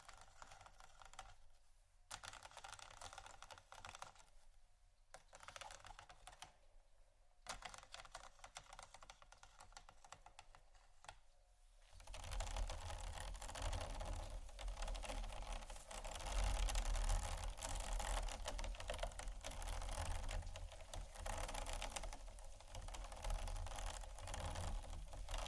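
Scratching and tapping in quick, dense clicks with short pauses early on, then after twelve seconds a louder, continuous scraping with a low rumble.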